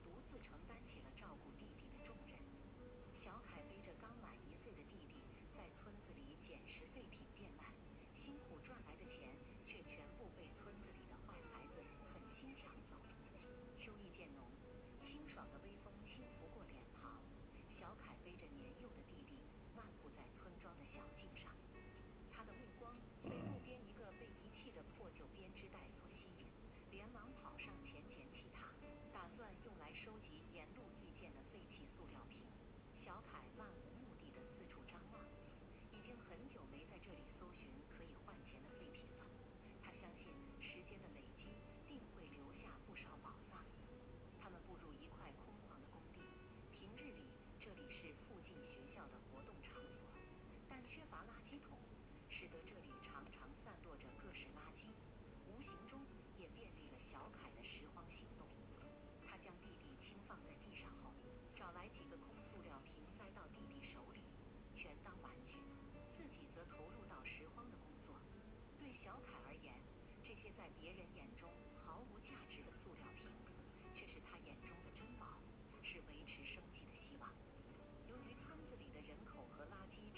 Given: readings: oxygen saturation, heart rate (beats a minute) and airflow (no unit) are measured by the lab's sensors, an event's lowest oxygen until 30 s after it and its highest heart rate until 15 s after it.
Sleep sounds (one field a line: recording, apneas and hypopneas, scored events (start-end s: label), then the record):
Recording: a person awake in a sleep study, by a voice recorder at the bedside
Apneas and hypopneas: none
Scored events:
0.00-80.18 s: awake
From the record:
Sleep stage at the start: awake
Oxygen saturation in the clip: 94 to 96%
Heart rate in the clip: 70 to 75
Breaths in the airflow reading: 19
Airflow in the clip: -3.7 to 4.7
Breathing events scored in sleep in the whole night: 131 in 7.2 hours asleep